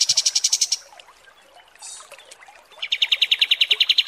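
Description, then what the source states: Kapas tembak song: a brief high trill, a short pause with a faint hiss, then a second, lower trill of bright repeated notes. Masteran training recording of kapas tembak song.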